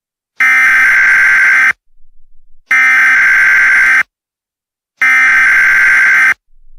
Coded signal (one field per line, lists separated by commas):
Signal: Emergency Alert System (SAME) tones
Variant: header bursts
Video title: EAS Scenario - Melons | Part 1